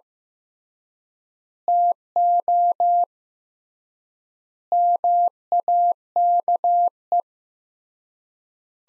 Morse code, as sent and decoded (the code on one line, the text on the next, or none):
- --- / -- .- -.- .
TO MAKE